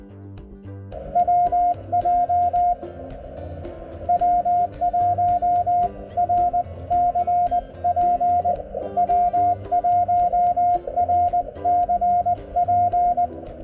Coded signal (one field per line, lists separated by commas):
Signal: Morse code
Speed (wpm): 20 wpm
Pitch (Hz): 710 Hz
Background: music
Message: W J W1RCP W1RCP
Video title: How to do a POTA Activation - Parks On The Air